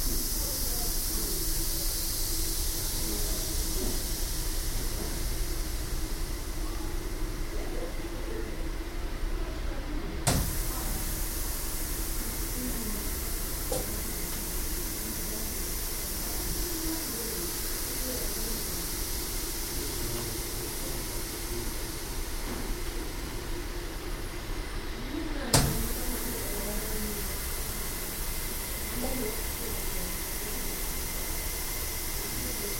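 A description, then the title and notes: A garden's misting system hisses steadily for the whole stretch, a dense bright spray that barely changes. Low murmurs and soft scattered drips sit beneath it, and two sharp clicks stand out at about ten and twenty-five seconds. Gesis en druppels van het besproeing-systeem in de Hortus Leiden. Hisses and drops of the moisturising system in the Hortus Leiden.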